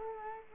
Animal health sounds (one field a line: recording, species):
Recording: mosquito wingbeat signal from an infrared sensor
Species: Culex quinquefasciatus